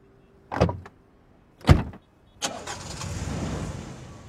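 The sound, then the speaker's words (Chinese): Two heavy car doors thud shut about a second apart as two people get into a small car, then an engine turns over and settles into a steady, rumbling idle. No one speaks. “等两人上了小汽车，影佐才从前座转过头来表达自己的慰问”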